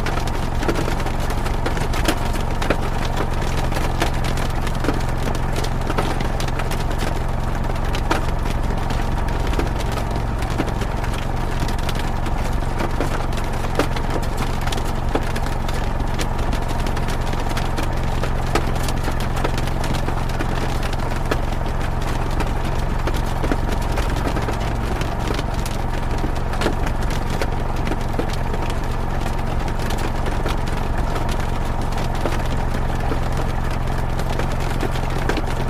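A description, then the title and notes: A diesel truck idles with a steady, deep rumble throughout while rain patters densely and evenly against the window. Diesel Truck Idling with Rain. The steady, deep rumble of a truck engine and rain on the window.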